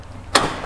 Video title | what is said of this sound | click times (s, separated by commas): 1973-87 Chevy & GMC Squarebody Truck Door Latch Striker Replacement - Fix Those Rattling Doors | two clicks okay so if you shut this and you only get one click then | 0.4 s